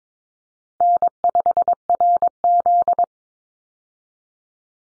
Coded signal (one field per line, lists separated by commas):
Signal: Morse code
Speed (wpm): 22 wpm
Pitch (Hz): 700 Hz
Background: none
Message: N5RZ